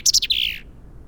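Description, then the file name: Common chaffinch song fragment: a few loud, high, slurred notes sliding downward into a brief buzzy ending, then quiet. "Fringilla coelebs"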